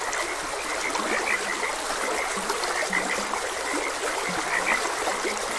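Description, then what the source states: Frog croaks, quick and high, plus a few low, short grunting notes, all over steady stream noise. Frogs croaking beside a gentle stream.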